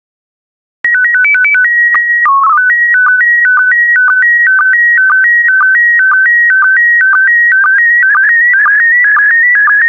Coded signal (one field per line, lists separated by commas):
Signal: SSTV (slow-scan television)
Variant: PD 120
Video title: 164018 Ocean Life SSTV PD120